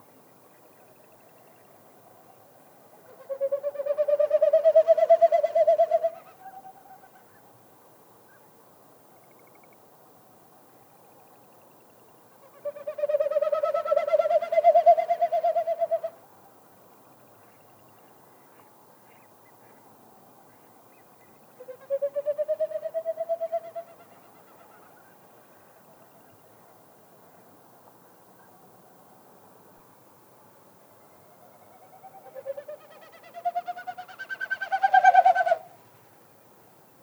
It's spring in Yellowstone.